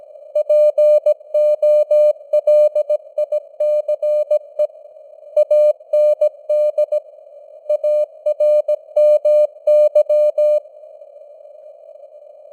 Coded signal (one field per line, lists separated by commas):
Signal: Morse code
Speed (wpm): 17 wpm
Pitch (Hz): 600 Hz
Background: none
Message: POLICE AND ARMY